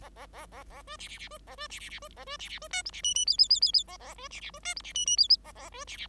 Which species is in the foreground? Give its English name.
Bengalese Finch